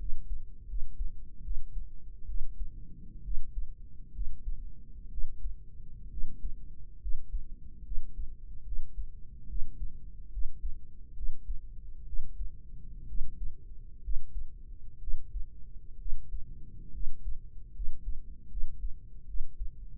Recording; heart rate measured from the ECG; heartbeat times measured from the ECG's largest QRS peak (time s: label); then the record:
heart sounds by microphone in the right ear; 68 bpm
0.65 s: heartbeat
1.41 s: heartbeat
2.25 s: heartbeat
3.21 s: heartbeat
4.10 s: heartbeat
5.08 s: heartbeat
6.07 s: heartbeat
6.97 s: heartbeat
7.81 s: heartbeat
8.62 s: heartbeat
9.45 s: heartbeat
10.29 s: heartbeat
11.12 s: heartbeat
12.03 s: heartbeat
13.05 s: heartbeat
13.99 s: heartbeat
14.97 s: heartbeat
15.96 s: heartbeat
16.90 s: heartbeat
17.71 s: heartbeat
18.47 s: heartbeat
19.24 s: heartbeat
From the record:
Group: healthy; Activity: rest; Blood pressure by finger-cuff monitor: 107/69 mmHg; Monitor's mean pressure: 80 mmHg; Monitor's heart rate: 67 bpm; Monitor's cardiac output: 5.4 L/min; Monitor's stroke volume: 78 mL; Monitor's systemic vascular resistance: 1060 dyn s/cm5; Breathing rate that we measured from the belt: 18 breaths a minute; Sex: female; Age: 23 years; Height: 160 cm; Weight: 50.4 kg